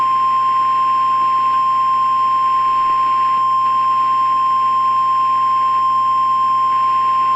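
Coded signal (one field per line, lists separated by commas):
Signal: Emergency Alert System (SAME) tones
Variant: 1050 Hz attention tone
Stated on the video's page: Fictional emergency alert scenario depicting a nuclear power plant disaster, not a real activation.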